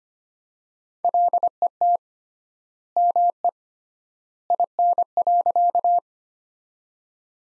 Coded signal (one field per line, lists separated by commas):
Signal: Morse code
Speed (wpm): 25 wpm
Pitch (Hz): 700 Hz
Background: none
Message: LET ME IN.